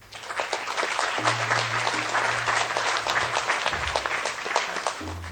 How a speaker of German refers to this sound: Wir haben Applaus eingespielt, ne?